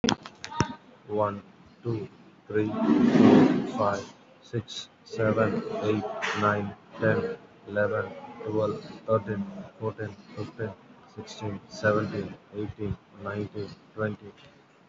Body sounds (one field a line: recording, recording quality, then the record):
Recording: counting at a normal pace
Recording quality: excellent, no background noise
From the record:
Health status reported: COVID-19 positive, moderate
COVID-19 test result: positive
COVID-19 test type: RT-PCR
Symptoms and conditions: cough, cold, breathing difficulty, sore throat, fever, fatigue, muscle pain, loss of smell and taste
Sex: male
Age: 32 years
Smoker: no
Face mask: worn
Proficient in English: yes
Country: India